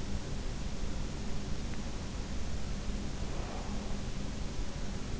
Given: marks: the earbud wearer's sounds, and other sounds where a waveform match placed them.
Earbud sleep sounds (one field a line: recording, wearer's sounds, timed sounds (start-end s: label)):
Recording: sounds in sleep by an in-ear microphone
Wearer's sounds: breath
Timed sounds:
2.73-4.41 s: breath